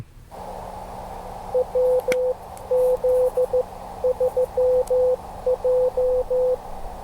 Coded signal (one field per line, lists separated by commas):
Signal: Morse code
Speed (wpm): 14 wpm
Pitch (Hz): 500 Hz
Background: none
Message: WZ3J